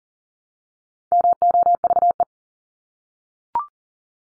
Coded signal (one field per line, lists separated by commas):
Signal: Morse code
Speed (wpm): 40 wpm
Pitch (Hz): 700 Hz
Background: none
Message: MOVE